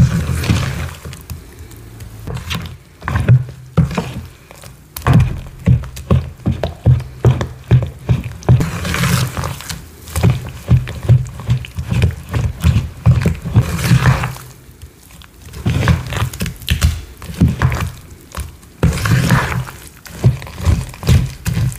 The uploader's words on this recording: ASMR gym chalk and cornstarch crushing, powder play, pouring, mixing, and reforming soothing sounds.